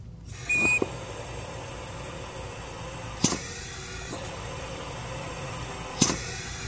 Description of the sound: Hospital Ventilator Compressor Air Release.